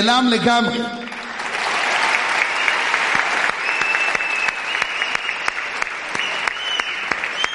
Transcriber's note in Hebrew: הקהל מוחא כפים